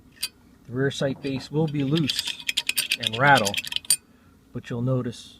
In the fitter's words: flathead screwdriver will work good hear that click